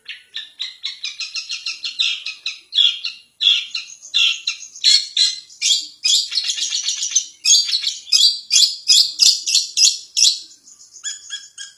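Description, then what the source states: Long-tailed shrike song: quick clicking notes, then varied loud chattering, rapid and changeable throughout. Champion competition songbird.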